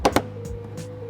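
On a first-generation 2011+ Lexus CT, the plastic back trim panel on the hatch door is refitted during an interior LED install. With the bottom tabs already in, pressure on the front tabs snaps the clips in with two sharp clicks at 0.1 s and 0.2 s, and the panel is seated.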